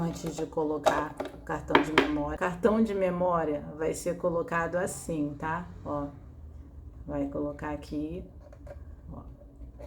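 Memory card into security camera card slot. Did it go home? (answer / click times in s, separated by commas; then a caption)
no / none. Someone talks while lining up a microSD memory card at the card slot of an iCSee Wi-Fi security camera with a solar panel and starting to push it in, with light handling sounds beneath the voice. The card has not seated or clicked yet.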